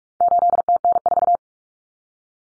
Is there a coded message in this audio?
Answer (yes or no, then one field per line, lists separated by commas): yes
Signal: Morse code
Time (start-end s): 0.2-1.4 s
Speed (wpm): 44 wpm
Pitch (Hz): 700 Hz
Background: none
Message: 8TN4